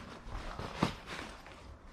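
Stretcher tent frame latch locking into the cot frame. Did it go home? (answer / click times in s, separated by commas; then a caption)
no / none. Both straps or levers of a stretcher tent frame are held down and pulled up to lock its latch into the cot frame. Steady handling rustle is broken by short knocks near 0.4, 0.8 and 1.5 seconds, the one at 0.8 seconds the loudest. Nothing has seated or clicked into place yet.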